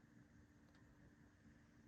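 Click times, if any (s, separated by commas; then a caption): none. A metal jump ring, 18 karat gold plated over brass or stainless steel, is being closed with pliers on a charm necklace chain. Only a steady low hum and broadband background noise are heard, with no distinct sharp click. Nothing has clicked or seated yet.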